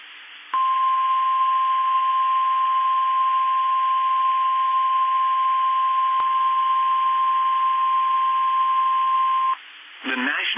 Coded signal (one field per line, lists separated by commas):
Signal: Emergency Alert System (SAME) tones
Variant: 1050 Hz attention tone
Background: speech